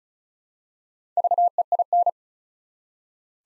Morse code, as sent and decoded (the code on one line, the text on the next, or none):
...- . .. -.
VEIN